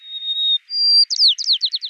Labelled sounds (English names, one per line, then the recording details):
White-crowned Sparrow song
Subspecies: nuttalli
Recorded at Battery East, California, in 2013
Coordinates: 37.809, -122.473
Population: north
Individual beH_13